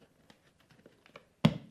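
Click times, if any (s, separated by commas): 1.4 s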